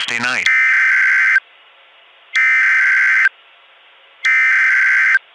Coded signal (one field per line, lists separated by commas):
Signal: Emergency Alert System (SAME) tones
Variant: header bursts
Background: speech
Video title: War of the Machines (EAS Scenario)